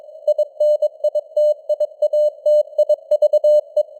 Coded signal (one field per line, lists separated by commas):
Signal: Morse code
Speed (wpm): 22 wpm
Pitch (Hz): 600 Hz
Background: none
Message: INITIATIVE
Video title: Morse Code News | 2025-10-26 | 22wpm